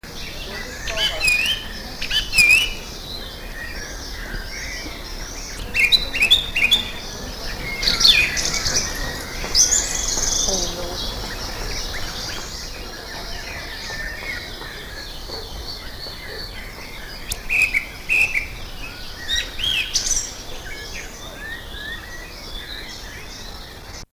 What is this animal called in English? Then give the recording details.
Song Thrush. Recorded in the wild. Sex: male. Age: adult. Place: Lübars (Fließtal), Berlin, DE. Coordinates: 52.6167, 13.35. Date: 2000-06-11 17:44. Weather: fair, 26°C. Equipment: Marantz CP 430, Sennheiser ME 80, Kopie Uher 4000 Report Monitor. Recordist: Tembrock, Günter